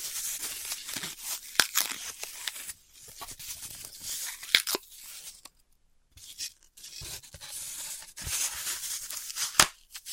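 Floral foam being cut and crushed, a dense run of dry, gritty scraping and crumbling with a bright hiss. Sharp taps and snaps punctuate it, near 1.5, 4.5, 8 and 9.5 seconds, with a brief near-silent pause around six seconds.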